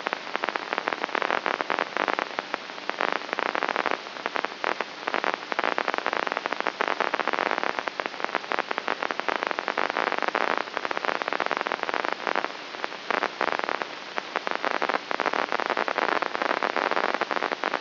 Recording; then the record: brain microelectrode recording played as sound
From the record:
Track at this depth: outside the subthalamic nucleus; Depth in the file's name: 6.44 mm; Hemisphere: right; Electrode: 3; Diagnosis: Parkinson's disease